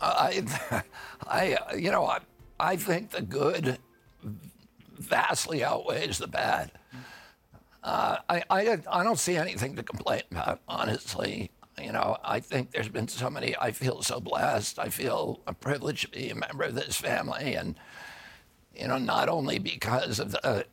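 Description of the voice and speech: Strained, gravelly, creaky adult male voice with breaks, typical of spasmodic dysphonia (spasmodic dystonia), a neurological disorder causing vocal-fold spasms. Here it began at age 42 after an injury: the vocal cords are strong but neurological signals make them tighten constantly. Surgery about 8 months earlier made the voice more reliable, and it grows stronger rather than weaker with use.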